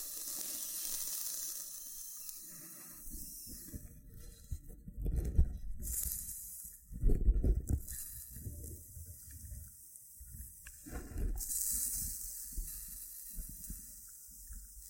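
Loofah triggers fill the recording with dense scratchy rubbing and crackly peeling, heaviest around five to eight seconds and again near eleven. Bright hissy bursts rise and fall between bouts, and low thumpy handling noise comes in clusters rather than a steady rhythm.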